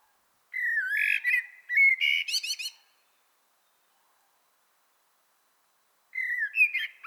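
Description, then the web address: Common blackbird song: a rich fluted phrase rising into rapid high twittering, then quiet, then the start of another warbled phrase. "pub SETE data Turdus merula"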